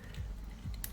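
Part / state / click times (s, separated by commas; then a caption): plastic tab into a slot on a transforming action figure / seated / 0.8 s. During the transformation of a Transformers Bumblebee Cyberverse Adventures Ultra Class Rack n Ruin action figure, a plastic tab is flipped around and pressed into its slot on the figure. Faint handling ticks at 0.1 s and 0.7 s lead to a sharp, bright click at 0.8 s as the tab seats in place.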